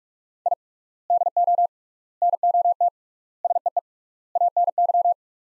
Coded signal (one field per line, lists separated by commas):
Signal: Morse code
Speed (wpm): 46 wpm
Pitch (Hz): 700 Hz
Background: none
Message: I DO NOT SEE ANY